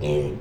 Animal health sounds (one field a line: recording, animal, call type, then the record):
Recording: contact call of a hoofed animal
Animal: pig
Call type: closed-mouth grunt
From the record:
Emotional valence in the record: negative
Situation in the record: short social isolation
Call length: 0.41 s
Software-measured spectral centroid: 1680 Hz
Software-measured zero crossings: 810 a second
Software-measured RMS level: -24 dBFS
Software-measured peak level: -12 dBFS